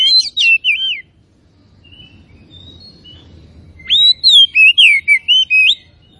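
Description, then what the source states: Oriental magpie-robin song with a brief loud whistled phrase, a near-silent pause with faint notes, then an energetic run of swooping whistles. Kacer from Tretes; described as gacor, singing continuously.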